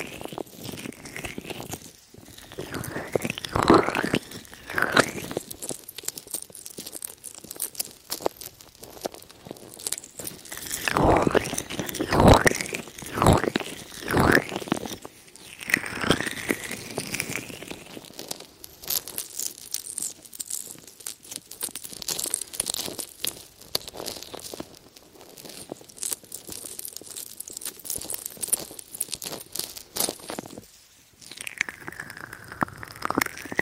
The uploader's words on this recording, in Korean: 3dio ASMR 촉촉한 로션 귀 마사지.